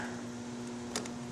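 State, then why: Released. A green plastic retaining clip on a motorcycle's fuel injection fuel line is squeezed together on both sides and clicks open at 0.9 s, followed by a softer second tick at 1.1 s. A steady low hum runs underneath, and no one talks. The clip is released so the fuel hose can be pulled off.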